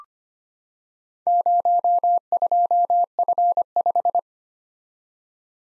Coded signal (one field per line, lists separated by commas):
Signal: Morse code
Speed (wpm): 25 wpm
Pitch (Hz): 700 Hz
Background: none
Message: 02F5